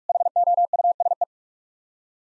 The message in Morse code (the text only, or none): HOUSE